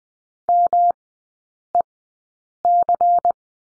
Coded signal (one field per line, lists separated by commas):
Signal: Morse code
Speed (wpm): 20 wpm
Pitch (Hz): 700 Hz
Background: none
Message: MEC